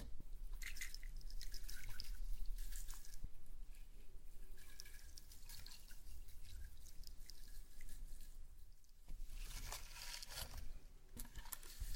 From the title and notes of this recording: ASMR SLIME! 5 Satisfying Slimes.